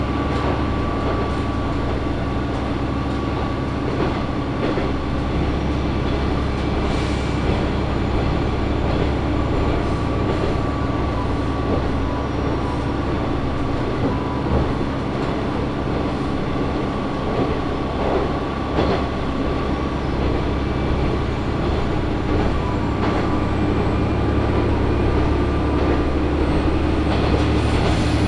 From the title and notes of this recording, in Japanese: 松浦鉄道 松浦→伊万里。松浦から伊万里は海岸線に沿ったりしながら磁器で有名な伊万里へ向かいます。